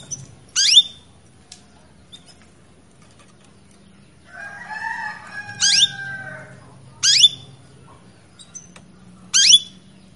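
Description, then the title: Belgian canary calls: four sharp, high, down-sweeping notes and a softer warbled passage, over a faint low hum. Belgian canary female in breeding condition calling to males, used to bring male canaries quickly into breeding condition. "Canto Para Esquentar Canário Belga. Suara Kenari Betina Birahi Memanggil Pejantan Pancingan Efektif Agar Kenari Pejantan Cepat Birahi!"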